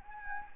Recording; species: mosquito wingbeat signal from an infrared sensor; Anopheles gambiae